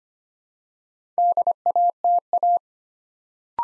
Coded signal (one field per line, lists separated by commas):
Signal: Morse code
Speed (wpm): 25 wpm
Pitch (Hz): 700 Hz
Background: none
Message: DATA